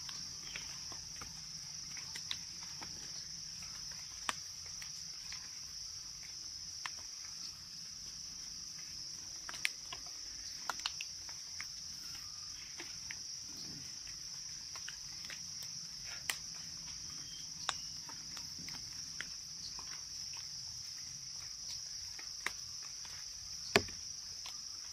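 Jungle sounds dominated by a steady, high-pitched cricket-like drone that holds unbroken for the whole clip. Sharp clicks and ticks pop up irregularly every second or two, with a louder snap near the end, over a faint low hum underneath.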